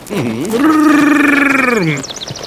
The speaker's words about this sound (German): Ah, ich sehe ihn schon mit seinem Pferd auf uns zureiten. Boah, der ist aber schnell.